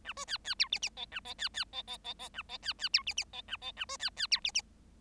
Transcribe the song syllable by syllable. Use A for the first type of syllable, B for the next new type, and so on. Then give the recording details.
A B C C D E E F A F C C F F F F A F C C D E E F A F A B C C D E E. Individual Bird7